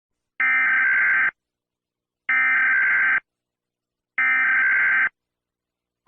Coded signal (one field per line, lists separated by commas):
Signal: Emergency Alert System (SAME) tones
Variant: header bursts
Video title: ZVG6-24 (Zombie virus outbreak) EAS scenario | part 1